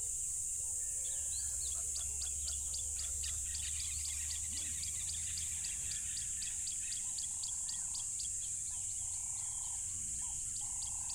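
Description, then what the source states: Cricket chorus sustained as a continuous high buzz, overlaid by rapid ticking calls, scattered bird chirps and a low rumbling hum in the first half. Loud crickets at a tropical river.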